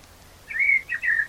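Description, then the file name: Common blackbird giving two short, clear whistled notes, with the start of a third cut off at the end. "Turdus merula"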